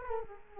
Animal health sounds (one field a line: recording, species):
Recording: mosquito wingbeat signal from an infrared sensor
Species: Culex quinquefasciatus